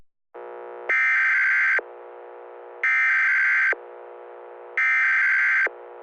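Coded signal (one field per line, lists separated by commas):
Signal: Emergency Alert System (SAME) tones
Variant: header bursts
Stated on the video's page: Fictional EAS scenario of a tri-state weather disaster.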